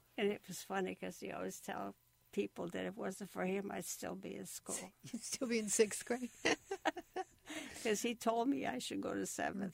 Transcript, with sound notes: And it was funny, because he always tell people that if it wasn't for him, I'd still be in school.
You'd still be in sixth grade. (Laughs)
'Cause he told me I should go to seventh.